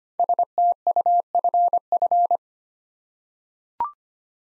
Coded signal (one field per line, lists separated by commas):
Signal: Morse code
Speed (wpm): 25 wpm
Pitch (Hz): 700 Hz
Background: none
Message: STUFF